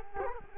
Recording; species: mosquito wingbeat signal from an infrared sensor; Culex quinquefasciatus